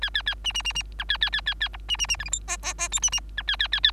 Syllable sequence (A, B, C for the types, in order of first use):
A A A B B B B C A A A A A D B B B E F G H H H I B B C A A A A